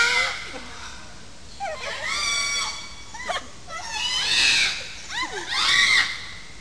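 Parrot screeching: harsh, rasping harmonic squawks in repeated bursts, some rising and falling, coming at irregular intervals.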